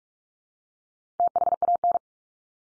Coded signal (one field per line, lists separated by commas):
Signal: Morse code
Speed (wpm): 44 wpm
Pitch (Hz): 700 Hz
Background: none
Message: THAN